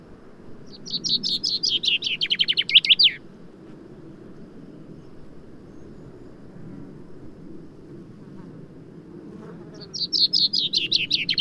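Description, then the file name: Common chaffinch song repeated twice: rapid high notes tumbling downward into a flourish, with a quiet gap of several seconds and a soft low drone throughout. "Fringilla coelebs"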